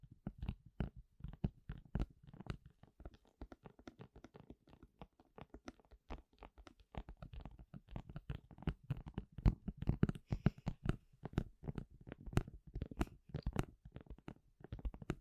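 Household objects being handled make a dense run of sharp clicks, taps and scrapes, with small crackling and tearing sounds in between. The hits come quickly and irregularly across the whole clip, each with a low thump under a bright snap, growing somewhat busier toward the end.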